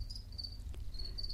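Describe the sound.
House cricket song: piercing high trilled bursts with gaps between them, a deep background hum underneath.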